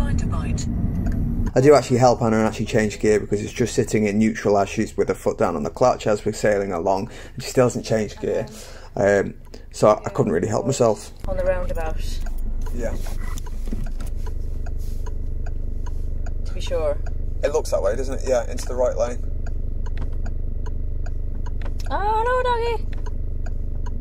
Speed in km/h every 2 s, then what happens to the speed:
19, 8, 3, 0, 0, 0, 0, 0, 0, 0, 0, 0.
0-5 brakes to 0. 5-24 standing.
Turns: none.